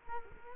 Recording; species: mosquito wingbeat signal from an infrared sensor; Culex quinquefasciatus